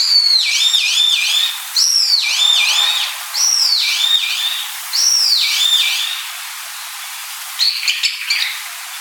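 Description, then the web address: Brown-eared bulbul calls: four loud phrases of shrill, swooping notes that fall in pitch, then a short scratchy burst. "birds hiyodori"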